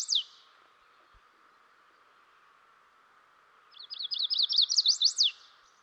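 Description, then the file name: Chestnut-sided warbler song: a quick run of high, sharply slurred notes ending in an emphatic downslurred note, after a brief note at the start and a long quiet gap. "dan gibsons solitudes chestnut sided warbler"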